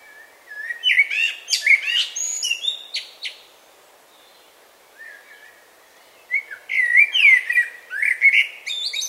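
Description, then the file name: Common blackbird singing two phrases of fluted warbling mixed with high squeaky twittering notes, with a quiet pause between. "Turdus merula"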